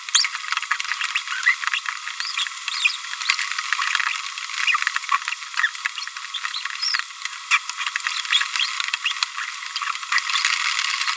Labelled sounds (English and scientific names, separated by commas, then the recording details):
Green-rumped Parrotlet (Forpus passerinus) babbling
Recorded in a nest box in Venezuela
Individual 18B25A5